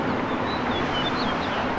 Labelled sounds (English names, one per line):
House Finch song